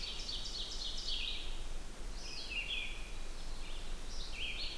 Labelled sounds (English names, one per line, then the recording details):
Red-eyed Vireo song
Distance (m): 60 m
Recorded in boreal forest in Alberta, Canada, on 16 June 2016 at 08:44
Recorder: SongMeter 3, array SBT-3-32
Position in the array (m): 48 m, 11 m